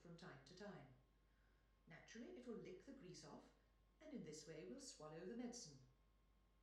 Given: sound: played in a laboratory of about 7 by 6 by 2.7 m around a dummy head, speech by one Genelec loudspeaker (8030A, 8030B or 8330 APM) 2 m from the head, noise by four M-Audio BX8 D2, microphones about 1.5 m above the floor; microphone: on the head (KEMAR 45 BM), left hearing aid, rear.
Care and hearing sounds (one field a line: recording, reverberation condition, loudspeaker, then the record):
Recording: female speech in English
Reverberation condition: medium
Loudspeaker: in front (0 degrees)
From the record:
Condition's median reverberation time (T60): about 510 ms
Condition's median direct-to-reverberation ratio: about -0.5 dB